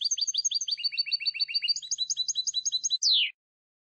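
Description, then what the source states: Goldfinch song of rolling high chirps in several repeated phrases, ending with a loud down-slurred buzzy note; no other sounds. Clean goldfinch song for copying, used to train song.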